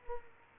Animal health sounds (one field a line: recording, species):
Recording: mosquito wingbeat signal from an infrared sensor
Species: Culex quinquefasciatus